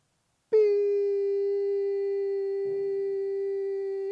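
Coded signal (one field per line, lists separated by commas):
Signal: beep code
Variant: outboard engine warning horn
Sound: one continuous buzzy warning beep, about 3.7 seconds, running to the end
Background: brief handling noise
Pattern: 1 long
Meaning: A continuous long beep warns that the engine has gone into limp mode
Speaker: the long beep means your [ __ ] is in limp mode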